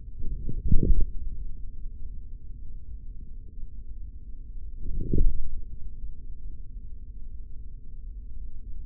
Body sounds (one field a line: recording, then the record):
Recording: forearm muscle sounds (acoustic myography)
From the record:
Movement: forearm pronation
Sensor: system 3, bracelet of six PUI Audio POM-2738L microphones around the upper forearm, with dedicated amplification and filtering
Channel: 2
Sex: male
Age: 56 years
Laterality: right